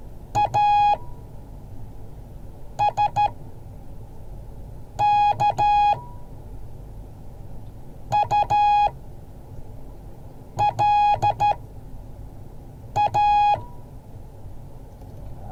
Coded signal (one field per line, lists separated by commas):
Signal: Morse code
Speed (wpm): 13 wpm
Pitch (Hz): 830 Hz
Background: none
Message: ASKULA